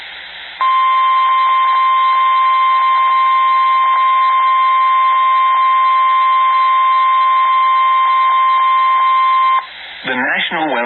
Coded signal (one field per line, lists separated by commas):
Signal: Emergency Alert System (SAME) tones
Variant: 1050 Hz attention tone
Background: speech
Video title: EAS Alerts From Half Of September EAS 32 58